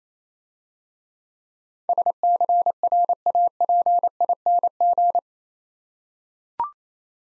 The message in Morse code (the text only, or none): SCRAPING